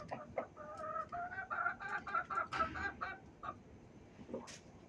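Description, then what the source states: Chicken giving a quick series of nasal, harmonic clucks, about two a second, fading out with a few softer notes. In a chicken coop.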